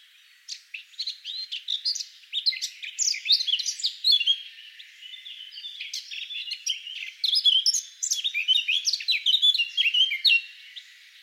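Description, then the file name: Eurasian blackcap song, a dense run of varied high chirps and whistled notes, tumbling and scratchy, almost continuous throughout. "Sylvia atricapilla"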